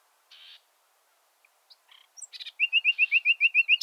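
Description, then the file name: Common nightingale song: a short buzzy note, scattered soft chips, then a loud, fast, regular trill of repeated notes. "Luscinia megarhynchos"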